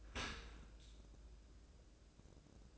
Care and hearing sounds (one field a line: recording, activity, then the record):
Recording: daily activity, microphone in the room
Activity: open dishwasher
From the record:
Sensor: 2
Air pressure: 1012.1 hPa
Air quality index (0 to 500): 147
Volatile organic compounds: 2 ppm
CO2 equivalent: 1078 ppm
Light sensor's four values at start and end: 297/731/296/299 and 297/730/296/299